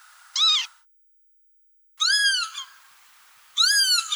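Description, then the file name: Northern lapwing giving three nasal, wheezy calls, each slurring up and then down, the last two long and drawn out, with short silent gaps between. "chibis-obyknovennyy-golos onbird ru"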